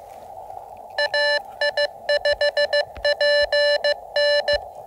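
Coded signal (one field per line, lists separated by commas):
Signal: Morse code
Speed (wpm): 19 wpm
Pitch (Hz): 600 Hz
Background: none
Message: AI5PN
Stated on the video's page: QRP CW park activation calling CQ from a 17-foot random wire with 9:1 unun on a 20-foot telescoping fiberglass mast.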